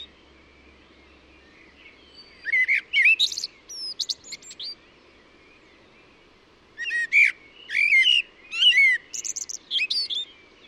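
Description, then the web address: Bird calls: two long bursts of varied sharp chirps and high whistled notes, with a quiet stretch between them. "cianscape birddata Deverinetal 2025 Bird Only Tu Me Tu Me"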